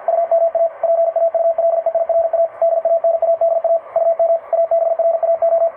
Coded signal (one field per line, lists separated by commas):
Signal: Morse code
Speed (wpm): 47 wpm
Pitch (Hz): 660 Hz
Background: radio noise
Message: UMA PAULEIRA DANADA UM ABRAO